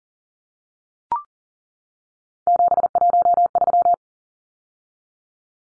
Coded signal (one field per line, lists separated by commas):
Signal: Morse code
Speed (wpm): 40 wpm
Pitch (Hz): 700 Hz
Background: none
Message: 713